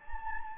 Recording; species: mosquito wingbeat signal from an infrared sensor; Anopheles gambiae